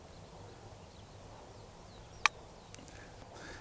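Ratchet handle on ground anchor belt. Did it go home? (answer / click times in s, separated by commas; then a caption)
yes / 2.3 s. Someone leans back on the ratchet handle of a ground anchor's belt until it gives a single sharp click at 2.3 s, the set-load click showing the anchor can hold 80 kilos. Two faint ticks follow at about 2.7 s and 2.9 s over a low, steady background hiss.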